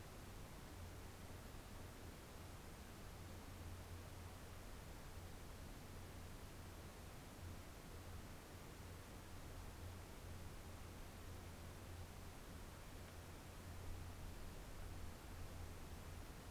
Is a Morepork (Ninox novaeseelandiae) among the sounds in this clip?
no